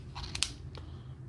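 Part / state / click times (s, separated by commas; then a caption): cord reel component into vacuum cleaner housing / seated / 0.4 s. During reassembly of an LG vacuum cleaner's cord-rewind reel, a plastic part is pressed into its seat in the housing. A few quick plastic clicks are heard, with the sharpest snap at 0.4 s and a softer tap later. The part fits nicely into place.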